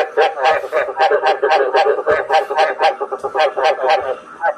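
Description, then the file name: Frog croaking in a quick series of short, rough, harmonic notes, with no other clear sounds. "Tieng ech keu hoi chuan"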